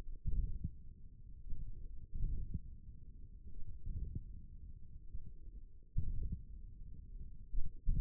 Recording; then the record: forearm muscle sounds (acoustic myography)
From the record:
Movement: hand closing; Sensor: system 1, eight BSWA MPA416 microphones around the upper forearm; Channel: 2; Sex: male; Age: 28 years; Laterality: right